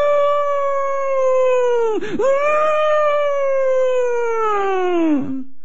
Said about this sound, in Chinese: 到咗越行越接近，越睇得清楚，三只巨型恶狼轮流发出吓爆人胆嘅嘶叫。